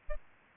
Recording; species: mosquito wingbeat signal from an infrared sensor; Aedes albopictus